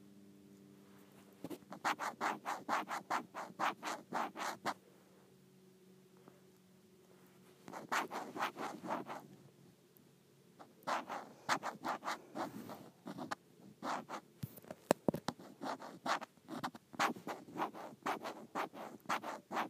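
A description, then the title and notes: Someone scrapes at a tablet case in rapid bursts of short, raspy strokes. Flurries run from about 1.5 to 5 seconds, again near 8 to 10, then denser from 11 to the end, with brief quiet gaps and a low steady hum beneath. ASMR Scraping the Case of my iPad.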